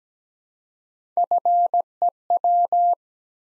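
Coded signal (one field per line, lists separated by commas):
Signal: Morse code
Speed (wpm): 17 wpm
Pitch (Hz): 700 Hz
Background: none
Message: FEW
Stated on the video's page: Morse practice set at 17 wpm, sending 3-letter words one letter at a time for instant character recognition.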